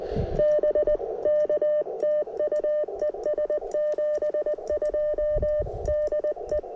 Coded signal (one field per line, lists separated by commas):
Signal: Morse code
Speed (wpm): 20 wpm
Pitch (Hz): 590 Hz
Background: none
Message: BK TU ES 72 DE